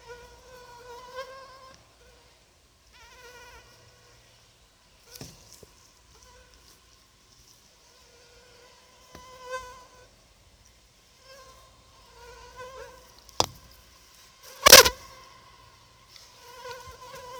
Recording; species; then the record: mosquito flight sound by mobile phone; Anopheles arabiensis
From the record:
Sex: female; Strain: Rufisque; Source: CDC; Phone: Sony Xperia